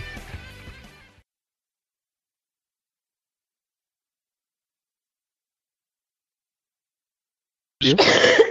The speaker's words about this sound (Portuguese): Isso tem que terminar com a tosse dela. Pô, eu esperei o podcast inteiro pra tossir. Justamente por isso é que tem que entrar na edição.